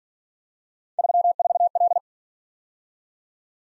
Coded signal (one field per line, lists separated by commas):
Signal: Morse code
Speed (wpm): 46 wpm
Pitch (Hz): 700 Hz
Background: none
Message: 34L